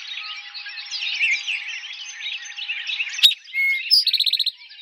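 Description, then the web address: Eastern towhee singing a sharp note, a whistle and a short trill near the end, following a long stretch of dense bird chatter. Recorded in 2007. "Eastern Towhee 2007 01 04 Eastern Towhee"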